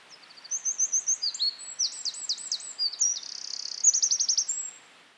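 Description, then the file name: Eurasian wren song, a rapid stream of loud high trills, sharp notes and rattling phrases lasting about four and a half seconds. "Troglodytes troglodytes"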